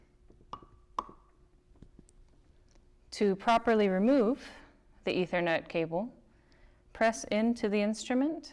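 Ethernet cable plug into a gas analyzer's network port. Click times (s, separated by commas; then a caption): 0.5 s, 1.0 s. An Ethernet cable plug is pushed into a gas analyzer's network port after the dust cover is removed, and both metal clips snap into place with two sharp clicks at 0.5 s and 1.0 s, seating the connector. Faint music plays underneath, and from about 3 s someone talks.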